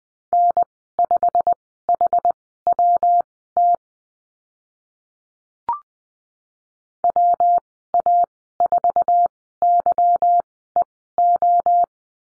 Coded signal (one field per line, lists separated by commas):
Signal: Morse code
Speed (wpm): 20 wpm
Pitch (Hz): 700 Hz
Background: none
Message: N5HWT WA4YEO